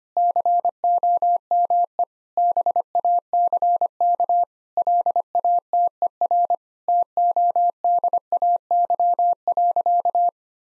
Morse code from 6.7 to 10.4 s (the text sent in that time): TODAY.